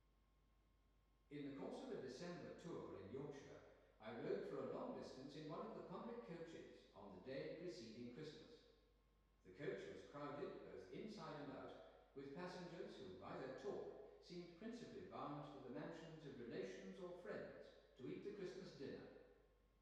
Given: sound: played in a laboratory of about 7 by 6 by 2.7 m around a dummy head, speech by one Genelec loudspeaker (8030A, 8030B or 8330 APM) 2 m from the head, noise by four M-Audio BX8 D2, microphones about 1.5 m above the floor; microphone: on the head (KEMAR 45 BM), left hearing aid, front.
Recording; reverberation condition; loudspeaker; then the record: male speech in English; high; 120 degrees to the right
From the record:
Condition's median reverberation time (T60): about 1300 ms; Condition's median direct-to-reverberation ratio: about -4.0 dB